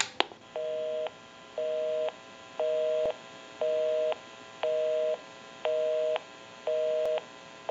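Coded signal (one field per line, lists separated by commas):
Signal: telephone call progress tone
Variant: North America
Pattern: busy tone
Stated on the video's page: Call progress tone from a Western Electric 302 rotary desk telephone during checkout and repair conversion.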